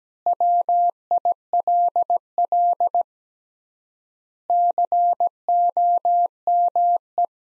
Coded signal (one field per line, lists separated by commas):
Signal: Morse code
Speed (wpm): 17 wpm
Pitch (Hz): 700 Hz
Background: none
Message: WILL COME